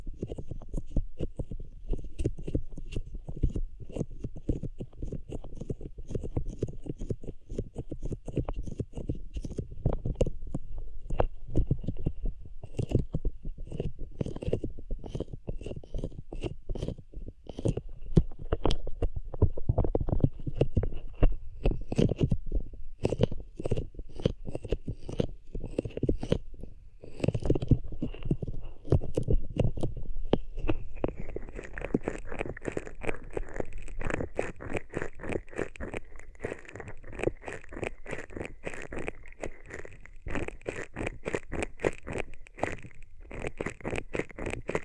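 Hands rub over ears in a dense, continuous run of scratchy, muffled friction, with quick irregular strokes that never pause. The sound is mostly low and thick, with a brighter hiss layered on top; after about thirty seconds a steadier high shimmer joins in and remains.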